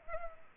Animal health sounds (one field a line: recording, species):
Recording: mosquito wingbeat signal from an infrared sensor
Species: Culex pipiens